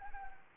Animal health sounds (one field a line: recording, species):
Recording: mosquito wingbeat signal from an infrared sensor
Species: Anopheles arabiensis